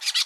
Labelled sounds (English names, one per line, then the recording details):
Brown-throated Parakeet contact call
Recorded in Curacao
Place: N of oil terminal (Bullenbaai)
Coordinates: 12.200, -69.020